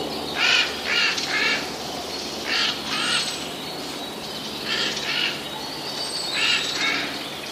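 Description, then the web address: Eurasian jay giving harsh, rasping screeches, mostly in pairs, a few seconds apart, over a steady background hiss. Alarm call, recorded 18 May 2013. "wroblowe ostrzegator sojka 18 05 2013"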